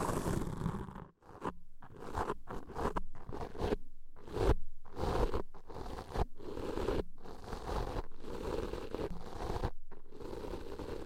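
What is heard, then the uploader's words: Deep ear cleaning sounds: dense, crackly scratching and rubbing with a heavy, muffled rumble underneath. The strokes come in bursts of a second or so, broken by brief silent gaps, with a sharper pop near the middle. ASMR Deep Ear Cleaning - Intense Ear Relaxation (No Talking).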